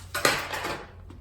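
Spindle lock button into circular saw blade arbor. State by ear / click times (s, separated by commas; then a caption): seated / 0.1 s, 0.2 s. On a Ridgid Gen5X R8652B cordless circular saw, the metal spindle lock button is pressed so it engages and holds the blade arbor, letting the blade bolt be loosened. Two sharp metallic clicks come at 0.2 s and 0.3 s, followed by a bright ringing decay and faint small ticks near 1.1 s and 1.3 s. The spindle lock engages and locks in place.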